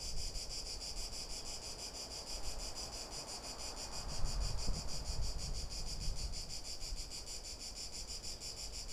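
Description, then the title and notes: Cicada song, a buzzy rasping pulsed drone holding steady, over a heavy low rumble with a brief louder swell midway. Recorded in the afternoon from boardwalks around the lake at the Albufera de Valencia, Spain; sea and lake nearby; Zoom H1n recorder. "Valencia, España - Paseo por la Albufera. Una tarde de paseo por la Albufera de Valencia, una joya de la Comunidad Valenciana. Paseamos alrededor del lago, en este caso por unas pasarelas en donde nos paramos para grabar a una Chicharra [Cicadidae]"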